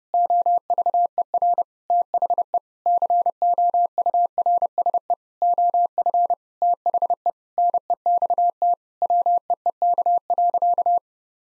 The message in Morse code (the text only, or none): OVER THE COURSE OF THE NEXT WEEK.